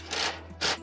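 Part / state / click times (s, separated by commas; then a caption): T-head bolt into aluminium frame extrusion / not seated / none. A pre-wound T-head bolt is screwed into a greenhouse aluminium upright to lock it to the frame, giving two short rasping, ratchet-like bursts around 0.1–0.3 s and 0.6–0.75 s over a steady low hum. The bolt fails to catch the extrusion channel behind it, so nothing has seated or clicked yet and it must be loosened and tried again.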